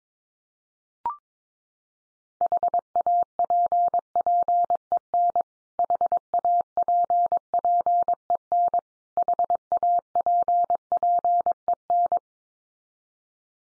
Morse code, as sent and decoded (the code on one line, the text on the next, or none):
.... .- .--. .--. . -. / .... .- .--. .--. . -. / .... .- .--. .--. . -.
HAPPEN HAPPEN HAPPEN